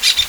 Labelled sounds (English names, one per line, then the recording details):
Brown-throated Parakeet contact call
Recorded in Venezuela
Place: Guárico; Corozopando; Fundo La Fe
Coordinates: 8.506, -67.593